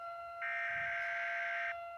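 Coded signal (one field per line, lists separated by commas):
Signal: Emergency Alert System (SAME) tones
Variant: header bursts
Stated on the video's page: Fictional EAS scenario.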